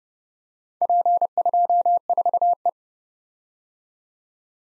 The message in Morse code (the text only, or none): P24E